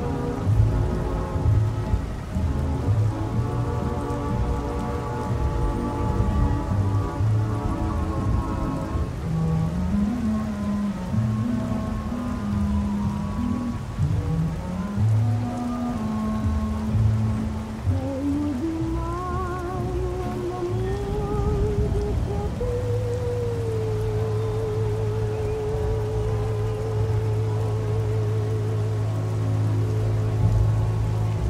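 Oldies music plays in another room, with a singing voice that climbs gradually higher through the second half and holds a wavering note near the end. A steady low rumble and hiss of traffic from the open window runs underneath the whole time.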